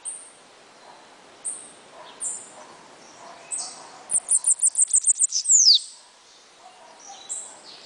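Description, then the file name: Bananaquit song: a fast, even row of high ticks ending in a descending buzzy trill, with a few high squeaky notes around it. "Cambacica"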